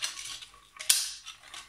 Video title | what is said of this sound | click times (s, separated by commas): Maraca Assembly Guide | with a very satisfying click | 0.9 s